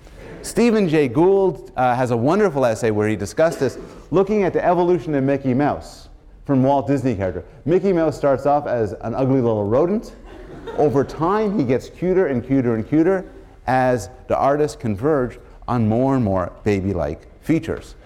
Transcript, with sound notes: Stephen Jay Gould has a wonderful essay where he discussed this, looking at the evolution of Mickey Mouse from the Walt Disney character. Mickey Mouse starts off as an ugly, little rodent. [laughter] Over time he gets cuter and cuter and cuter as the artist converged on more and more baby-like features.